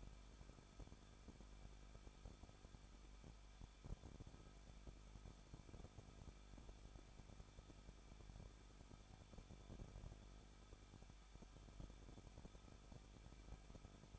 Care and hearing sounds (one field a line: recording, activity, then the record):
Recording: daily activity, microphone in the room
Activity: no activity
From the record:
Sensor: 5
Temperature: 20.8 degrees Celsius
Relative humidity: 38.3%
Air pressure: 1006.6 hPa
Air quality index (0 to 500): 186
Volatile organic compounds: 18 ppm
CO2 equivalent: 2603 ppm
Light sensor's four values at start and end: 2/3/1/1 and 2/3/1/1